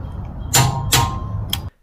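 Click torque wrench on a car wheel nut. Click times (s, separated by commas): 1.5 s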